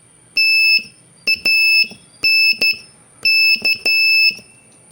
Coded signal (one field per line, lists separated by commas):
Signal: Morse code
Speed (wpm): 12 wpm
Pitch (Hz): 2650 Hz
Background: none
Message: TANK